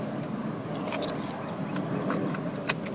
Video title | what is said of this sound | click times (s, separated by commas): My First Project | make sure you hear the click | 2.7 s